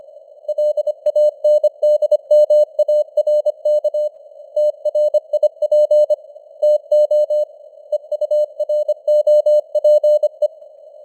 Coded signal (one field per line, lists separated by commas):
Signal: Morse code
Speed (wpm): 25 wpm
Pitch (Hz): 600 Hz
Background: none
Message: LANDMARK TRIP TO EUROPE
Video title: Morse Code News | 2025-11-09 | 25wpm